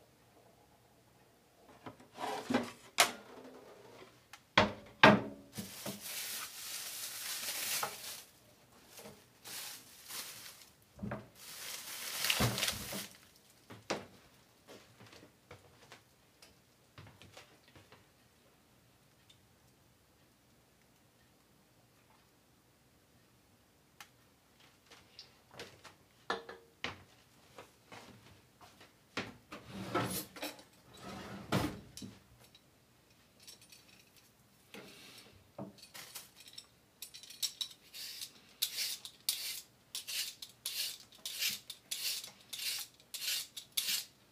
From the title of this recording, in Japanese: 煮物と包丁研ぎ